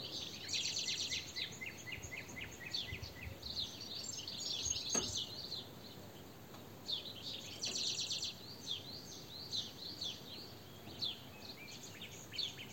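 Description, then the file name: European goldfinch calls, bright liquid twittering notes in quick bursts, with a sharp click near the middle. "Carduelis carduelis"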